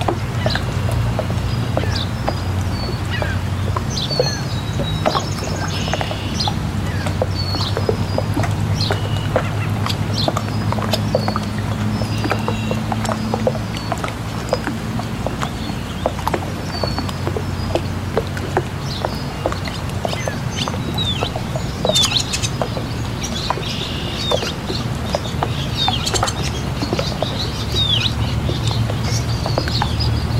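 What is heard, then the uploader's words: Water laps and knocks against a dock in quick, irregular taps throughout, over a steady low hum of boat engines. Bird cries, likely seagulls, call out now and then, with a brighter cluster of calls a little past the twenty-second mark. Marina Ambience: Relaxing Sounds of Boats and Seagulls. Boats gently rocking in the water and seagulls flying overhead. You'll hear the sound of the water lapping against the dock, the distant hum of boat engines, and the occasional cry of a seagull.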